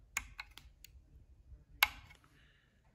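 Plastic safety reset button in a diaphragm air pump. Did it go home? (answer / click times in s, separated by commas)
yes / 0.2 s, 1.8 s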